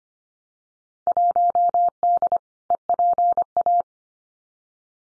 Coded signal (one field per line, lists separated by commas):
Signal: Morse code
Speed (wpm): 25 wpm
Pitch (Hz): 700 Hz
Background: none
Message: 1D EPA